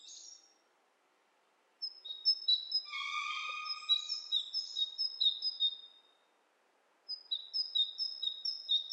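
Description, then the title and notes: Bird calls, high twittering chirps joined by a brief harsher, lower buzzy note, then quiet before the chirping resumes. Two birds interacting with each other, lo-fi. "bird dialogs. lo-fi recording of two birds interacting"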